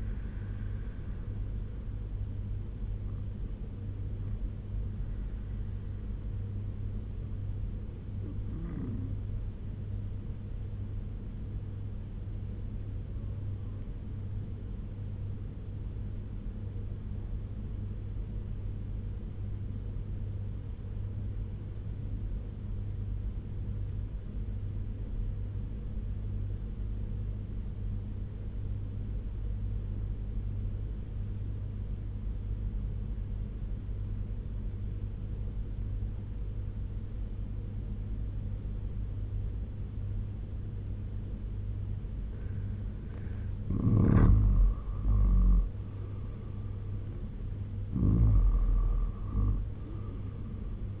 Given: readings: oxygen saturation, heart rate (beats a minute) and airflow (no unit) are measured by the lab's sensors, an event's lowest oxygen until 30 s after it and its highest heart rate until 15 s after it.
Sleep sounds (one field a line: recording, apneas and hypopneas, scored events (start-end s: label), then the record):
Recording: breathing in sleep by a smartphone at the bedside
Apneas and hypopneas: 1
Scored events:
14.00-45.20 s: obstructive apnea (N2, oxygen 96% highest, then 83% lowest, heart rate 69 at the start, 83 highest)
From the record:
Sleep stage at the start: N2 (light sleep)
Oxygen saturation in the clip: 80 to 96%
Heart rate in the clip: 67 to 83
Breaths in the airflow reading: 3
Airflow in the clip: -9.7 to 8.9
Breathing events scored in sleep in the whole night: 201 in 6.5 hours asleep